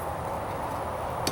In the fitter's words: then slide it in until you hear a click you can even come move it back and forth to test